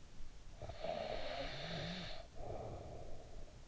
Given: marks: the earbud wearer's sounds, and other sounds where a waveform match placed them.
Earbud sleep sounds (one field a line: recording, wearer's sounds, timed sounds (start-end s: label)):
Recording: sounds in sleep by an in-ear microphone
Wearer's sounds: snoring breath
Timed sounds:
0.35-3.68 s: snoring breath